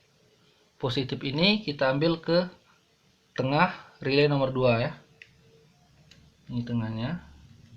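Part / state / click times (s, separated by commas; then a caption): jumper wire into relay screw terminal / not seated / none. Someone talks while a jumper wire from the positive line is guided into the middle screw terminal of relay number 2 for an Arduino-controlled automatic faucet. Two brief faint ticks come at about 5.2 s and 6.1 s between the speech. The wire is still being handled, and nothing has seated or clicked home yet.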